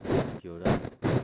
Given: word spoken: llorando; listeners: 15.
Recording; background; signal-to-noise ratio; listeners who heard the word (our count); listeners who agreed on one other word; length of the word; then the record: one Spanish word in noise, from a listening test; noise modulated by one talker; -12.2 dB; 0 of 15; 14 of 15; 0.84 s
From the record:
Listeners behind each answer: 14, 1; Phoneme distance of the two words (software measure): 24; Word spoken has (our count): 3 syllables, 7 phonemes, stress on syllable 2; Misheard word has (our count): 2 syllables, 5 phonemes, stress on syllable 2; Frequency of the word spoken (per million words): 13.43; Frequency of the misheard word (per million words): 28.21